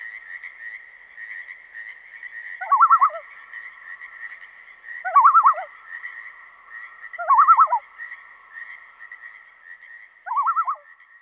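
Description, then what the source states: Pacific tree frog calls: four brief rasping, pulsed croaks roughly every two to three seconds above a continuous high, even chorus hum. Heard in the background behind a common loon; western North America.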